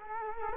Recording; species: mosquito wingbeat signal from an infrared sensor; Culex quinquefasciatus